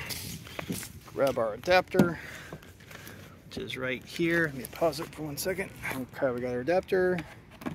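Someone talks while handling a CCS charging connector fitted with its adapter, bringing it to a Tesla's charge port to plug it in. Only speech and a few faint handling knocks are heard. Nothing has seated or clicked yet.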